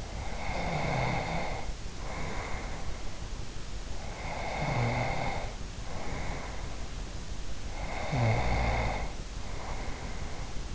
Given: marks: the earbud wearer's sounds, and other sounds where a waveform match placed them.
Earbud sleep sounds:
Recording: sounds in sleep by an in-ear microphone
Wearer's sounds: snoring breath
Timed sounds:
0.00-3.32 s: snoring breath
4.13-6.94 s: snoring breath
7.82-10.75 s: snoring breath

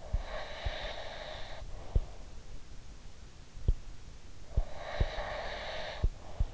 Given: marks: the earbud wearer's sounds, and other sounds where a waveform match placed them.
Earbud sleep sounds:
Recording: sounds in sleep by an in-ear microphone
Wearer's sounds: breath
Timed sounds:
0.16-2.27 s: breath
4.38-6.54 s: breath

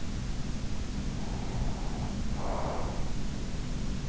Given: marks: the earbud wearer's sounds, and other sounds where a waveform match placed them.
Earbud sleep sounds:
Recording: sounds in sleep by an in-ear microphone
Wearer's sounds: breath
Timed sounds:
1.07-3.10 s: breath

